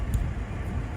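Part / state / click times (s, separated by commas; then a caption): wiper blade onto wiper arm / not seated / none. A front wiper blade with its plastic adapter is being slid onto the metal wiper arm of a 2007–2014 Renault Twingo. Over a steady low rumble, a brief handling knock sounds at about 0.1 s. The blade has not clicked or locked into place yet.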